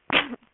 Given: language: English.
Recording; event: throat vibration sensor signal played as sound; cough